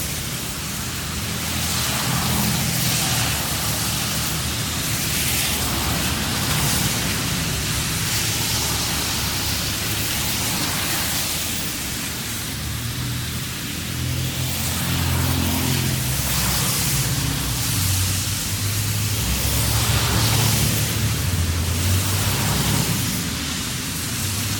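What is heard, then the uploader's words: Traffic moves along a wet road in the rain, a steady hiss of tyres on water filling the whole clip. Low engine rumble sits underneath, and passing cars swell and fade every few seconds, with brighter splashy surges around five, fifteen and twenty seconds. Traffic In The Rain. Cars driving through puddles. The focus on the road and splashing water.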